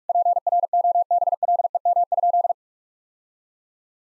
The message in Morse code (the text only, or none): PROBLEM?